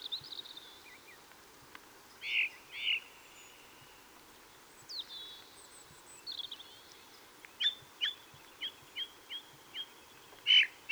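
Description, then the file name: Ring ouzel calls: a loud double note early, then quieter thin slurred notes, followed by a steady run of short clipped notes and a final strong note. Recorded on the Wank near Garmisch on 26 April 2014. "Ringdrossel. Wank. Michle Pron"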